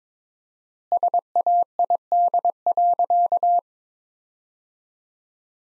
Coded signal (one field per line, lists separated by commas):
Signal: Morse code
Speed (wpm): 22 wpm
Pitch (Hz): 700 Hz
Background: none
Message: SAID.